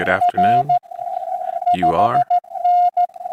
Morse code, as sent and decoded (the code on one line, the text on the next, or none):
.-. / ..... -.
R 5N